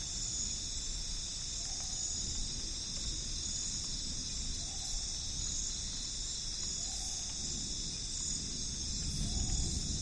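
Amazon rainforest with a thunderstorm on the horizon: a low, continuous rumble rolls underneath, swelling slightly toward the end. Over it, insects hold a dense, steady shrill drone, while soft calls and high chirps recur every two or three seconds.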